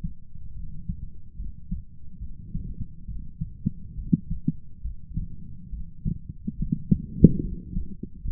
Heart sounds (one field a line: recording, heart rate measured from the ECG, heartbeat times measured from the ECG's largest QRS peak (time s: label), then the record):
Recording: heart sounds by stethoscope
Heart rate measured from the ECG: 70 bpm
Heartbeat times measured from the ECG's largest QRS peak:
0.54 s: heartbeat
1.37 s: heartbeat
2.20 s: heartbeat
3.06 s: heartbeat
3.96 s: heartbeat
4.82 s: heartbeat
5.70 s: heartbeat
6.57 s: heartbeat
7.42 s: heartbeat
8.23 s: heartbeat
From the record:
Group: healthy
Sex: male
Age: 35 years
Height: 180 cm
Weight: 86.9 kg